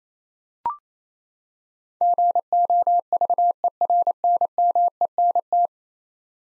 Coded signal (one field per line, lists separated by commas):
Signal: Morse code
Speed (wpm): 28 wpm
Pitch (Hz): 700 Hz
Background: none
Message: GOVERNMENT